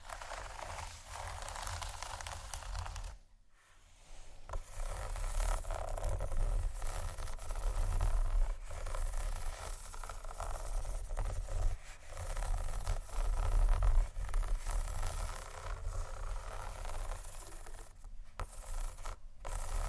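Scratching triggers give a dense, continuous run of dry scraping and rustling with a low rumble beneath, interrupted by brief pauses near 3 and 18 seconds.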